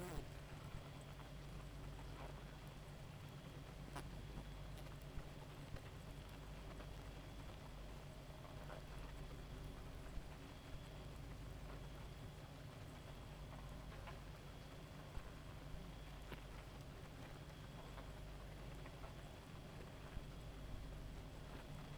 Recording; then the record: honeybee colony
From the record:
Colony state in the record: active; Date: 28 July 2017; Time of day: 1:34